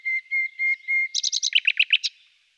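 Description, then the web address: Common nightingale song phrase: four long steady whistles followed by a quick staccato series of loud, clipped, descending notes. "agykontroll CD 3-A természet hangjai - Fülemülék"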